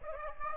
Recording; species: mosquito wingbeat signal from an infrared sensor; Aedes aegypti